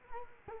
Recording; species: mosquito wingbeat signal from an infrared sensor; Culex quinquefasciatus